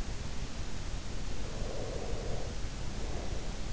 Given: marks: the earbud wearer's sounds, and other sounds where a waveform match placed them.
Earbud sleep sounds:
sounds in sleep by an in-ear microphone; breath
1.27-3.66 s: breath

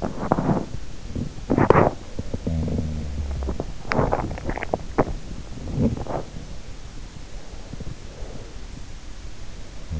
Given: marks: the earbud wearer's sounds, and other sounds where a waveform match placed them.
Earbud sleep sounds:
sounds in sleep by an in-ear microphone; teeth grinding
0.00-6.69 s: teeth grinding
2.29-3.91 s: sound from someone else or the room

